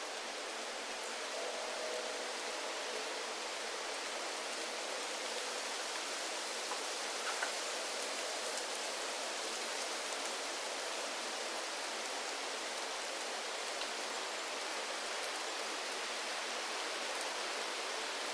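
Wind rushes through forest trees in a steady, dense hiss that stays even throughout, bright and airy with almost no low rumble.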